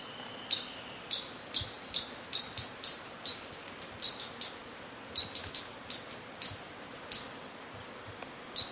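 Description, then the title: Bird song: a steady stream of bright, high chirps, some doubled, in clusters with short gaps throughout. "LuckyPassaro Completos2Sama"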